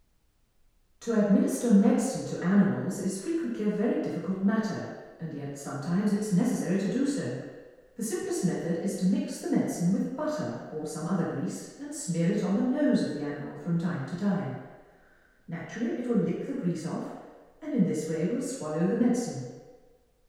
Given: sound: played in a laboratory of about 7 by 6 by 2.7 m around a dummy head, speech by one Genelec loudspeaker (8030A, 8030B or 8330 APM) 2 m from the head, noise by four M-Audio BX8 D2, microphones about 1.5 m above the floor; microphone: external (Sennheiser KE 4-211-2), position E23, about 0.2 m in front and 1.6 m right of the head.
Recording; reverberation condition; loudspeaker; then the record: female speech in English; high; in front (0 degrees)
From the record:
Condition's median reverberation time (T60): about 1300 ms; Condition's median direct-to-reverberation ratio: about -4.0 dB